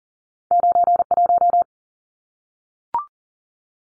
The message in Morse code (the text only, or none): 91